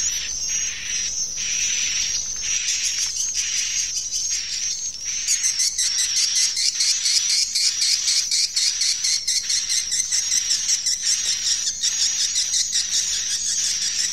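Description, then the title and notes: Swiftlet chorus of rapid high twitters and chirps, packed and overlapping, growing busier after about five seconds, above a continuous thin high tone. Swiftlets at a swiftlet farm in Asia. "Swiflet Bird Sound. Farming Swiflet Bird asia sound"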